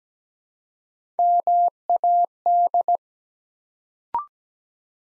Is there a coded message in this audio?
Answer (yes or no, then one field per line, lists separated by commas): yes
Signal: Morse code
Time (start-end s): 1.2-3.0 s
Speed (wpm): 17 wpm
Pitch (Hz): 700 Hz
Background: none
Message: MAD